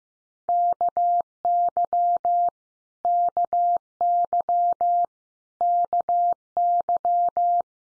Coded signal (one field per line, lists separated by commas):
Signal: Morse code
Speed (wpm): 15 wpm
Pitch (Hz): 700 Hz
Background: none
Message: KY KY KY